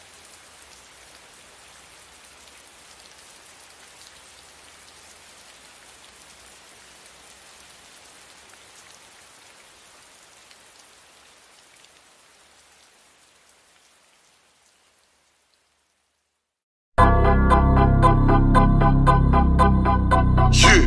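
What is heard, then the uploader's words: Soft rain hisses steadily for the first stretch, a thin even patter that slowly fades out until near silence around fifteen seconds. At about seventeen seconds a loud, dense burst cuts in abruptly, full and harsh, lasting to the end. Rainy.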